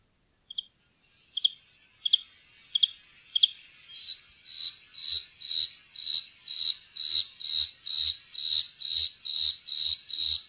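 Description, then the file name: Bluethroat song: scattered sharp notes open into a sustained series of ringing, evenly spaced high notes, roughly two per second, with faint low thumps beneath. "blaastrupe"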